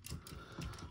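A plastic limb joint of a transforming robot/wolf action figure is pushed all the way into the body until it clicks into its set position, with a small sharp click at 0.1 s. Quieter plastic handling taps and rustles follow, and the joint is confirmed seated.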